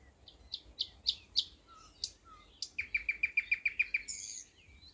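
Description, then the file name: Thrush nightingale song: several sharp high notes, then a rapid rattling run of about nine repeated piping notes ending in a high whistle. "thrush nightingale - luscinia luscinia"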